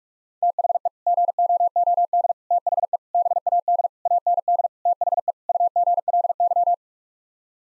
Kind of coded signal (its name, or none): Morse code